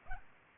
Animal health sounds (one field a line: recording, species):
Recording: mosquito wingbeat signal from an infrared sensor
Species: Aedes aegypti